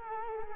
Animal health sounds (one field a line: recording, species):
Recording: mosquito wingbeat signal from an infrared sensor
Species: Culex quinquefasciatus